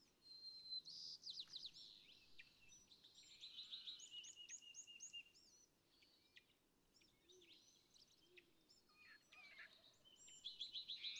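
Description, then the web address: California thrasher song: rapid, varied chirps and whistled phrases, some repeated, over a steady background hiss. "birdsongforthecurious California Thrasher"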